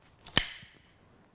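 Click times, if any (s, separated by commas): 0.4 s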